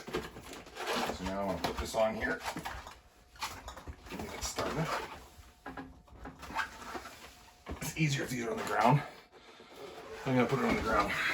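A plastic lid is set onto a food-grade storage pail and lined up before being pressed down, with brief handling knocks around 3.4 to 6.3 seconds while someone talks throughout. Nothing has seated or clicked yet.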